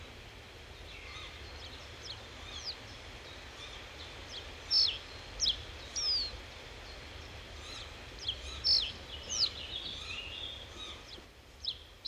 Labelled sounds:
Reed Bunting song

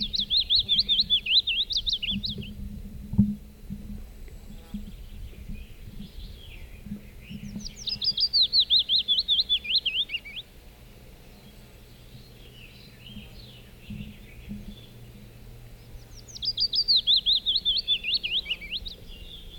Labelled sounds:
Willow Warbler song

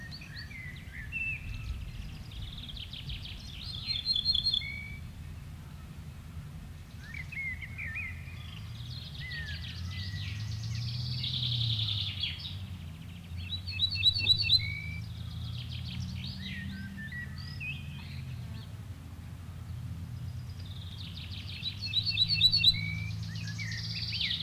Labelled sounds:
Ortolan Bunting alarm call

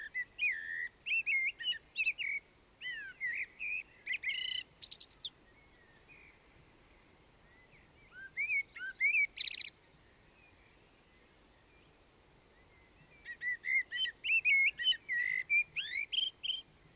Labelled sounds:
Common Blackbird song

